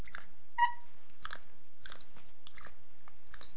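Animal chirps: short high squeaky notes in scattered bursts, some sliding downward, repeated irregularly over a few seconds with a quiet background.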